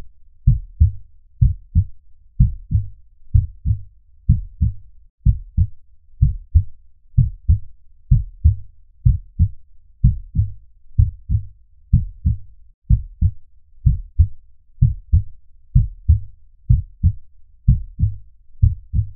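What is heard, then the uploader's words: A heartbeat thumps in a steady, even rhythm, roughly a hundred beats a minute, each beat a soft double thud. The sound is deep and muffled, with nothing bright above it, and a faint low rumble fills the gaps between beats. Relaxing Heartbeat Ambience. The rhythmic thumping of a heartbeat.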